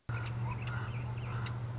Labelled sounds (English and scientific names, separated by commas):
Common Raven (Corvus corax)